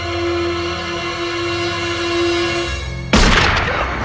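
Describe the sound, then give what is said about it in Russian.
A steady, droning tonal hum runs for about three seconds, then a single loud rifle shot cracks out abruptly during a wolf hunt in the snow, followed by a noisy, rumbling tail. “Молодой барин скидывает ружье, взводит курок, прицеливается. Волк идет прямо на выстрел, останавливается.”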